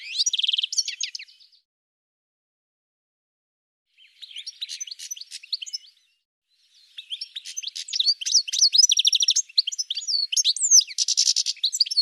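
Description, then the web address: Bird singing in high, rapid bursts of chirps, trills and twittering notes, broken by silent pauses, the last burst long and dense. "cianscape birddata"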